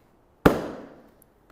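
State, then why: Seated. A plastic seat backrest is forced down onto a tricycle seat and snaps home with one loud, sharp click at 0.5 s. Its bright, broadband crack fades over about half a second. Two faint small ticks follow, and the backrest is seated and fitted.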